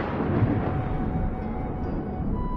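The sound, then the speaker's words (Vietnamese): After a flash of lightning, a deep, steady rumble of thunder rolls on without a break as very heavy rain pours down, heavy in the low end with a dense hiss above it. No voices. “Một tia chớp sáng lòa rạch ngang nền trời, sấm tức thì nổi lên đùng đùng, trời đổ mưa, hơn nữa còn mưa rất lớn, nghe rào rào ù hết cả hai tai.”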